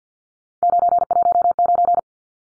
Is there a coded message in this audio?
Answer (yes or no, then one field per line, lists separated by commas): yes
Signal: Morse code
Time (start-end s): 0.6-2.0 s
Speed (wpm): 50 wpm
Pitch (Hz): 700 Hz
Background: none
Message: 919